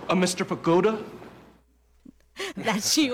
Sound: laughter